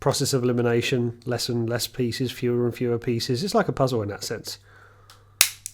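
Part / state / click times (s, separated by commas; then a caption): plastic figure piece into chest piece of a snap-together model kit / seated / 5.4 s. Someone talks while building a Blokees Transformers snap-together plastic model kit, then a plastic figure piece is pressed onto the chest piece. After a brief quiet, a sharp, loud plastic click rings out at 5.4 s as the part seats firmly into place.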